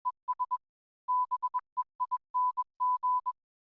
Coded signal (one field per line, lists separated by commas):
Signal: Morse code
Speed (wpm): 21 wpm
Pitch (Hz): 1000 Hz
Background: none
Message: ES BEING